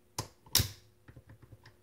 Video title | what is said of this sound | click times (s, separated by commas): First Shots with the Griffin Armament M4SDK 5.56mm Suppressor (My First Suppressor!) | just like that make sure that the latch fully clicks into place | 0.6 s